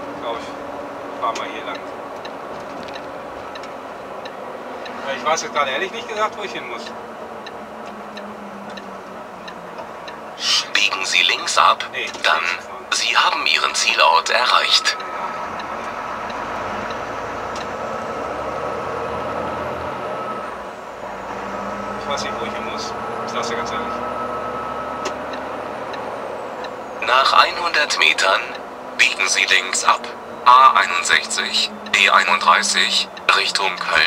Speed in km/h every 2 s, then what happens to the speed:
54, 52, 47, 41, 33, 20, 15, 17, 25, 34, 38, 45, 50, 51, 46, 41, 33.
0-12 slows to 15. 12-25 speeds up to 51. 25-34 slows to 33.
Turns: none.